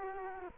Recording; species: mosquito wingbeat signal from an infrared sensor; Culex quinquefasciatus